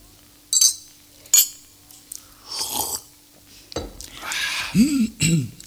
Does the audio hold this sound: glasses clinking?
yes